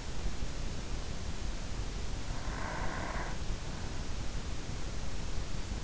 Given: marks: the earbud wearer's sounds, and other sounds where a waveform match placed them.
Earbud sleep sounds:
sounds in sleep by an in-ear microphone; breath
1.65-3.66 s: breath

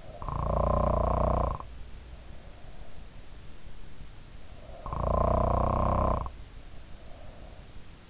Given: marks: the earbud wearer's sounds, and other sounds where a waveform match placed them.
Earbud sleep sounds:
sounds in sleep by an in-ear microphone; snoring breath
0.00-1.83 s: snoring breath
4.54-7.83 s: snoring breath

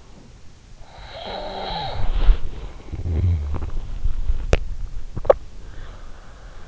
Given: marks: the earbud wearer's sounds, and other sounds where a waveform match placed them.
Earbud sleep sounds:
sounds in sleep by an in-ear microphone; snoring breath, body movement, swallowing
0.71-3.70 s: snoring breath
1.52-3.23 s: body movement
4.08-6.26 s: swallowing

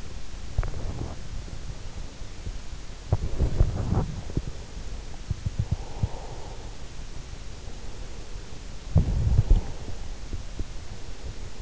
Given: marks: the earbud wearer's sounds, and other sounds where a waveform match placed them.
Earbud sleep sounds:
sounds in sleep by an in-ear microphone; body movement, breath
0.31-11.62 s: body movement
4.20-6.83 s: breath
7.54-10.21 s: breath

